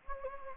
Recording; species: mosquito wingbeat signal from an infrared sensor; Anopheles gambiae